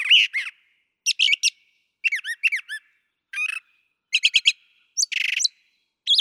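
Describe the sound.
Brown thrasher singing quick clusters of chips and slurred whistles, often doubled, plus a buzzy phrase, separated by short silences.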